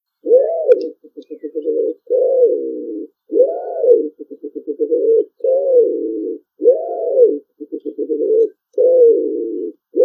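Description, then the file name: Common wood pigeon cooing: low, husky arched coos alternating with quick pulsed runs of shorter coos, the phrase repeating steadily throughout with no other sounds. "colombaccio"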